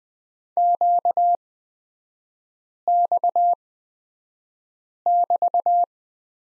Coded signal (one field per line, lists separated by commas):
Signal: Morse code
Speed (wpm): 20 wpm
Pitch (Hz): 700 Hz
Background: none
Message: QX<BT>